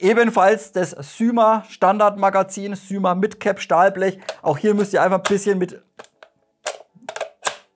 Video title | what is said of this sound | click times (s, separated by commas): [Review] ICS Airsoft - DD MK18 S-AEG mit EFCS (6mm BB Softair) | ein bisschen Liebe einlegen, damit es sauber arretiert. Dann funktioniert das Ganze aber wirklich klasse. | 6.7 s, 7.1 s